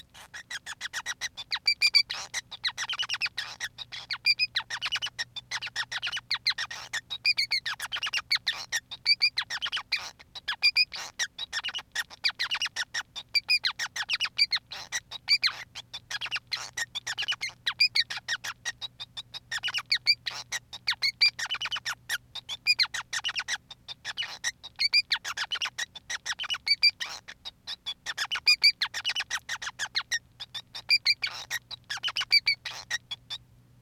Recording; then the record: song of a male Bengalese finch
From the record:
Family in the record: son of father 5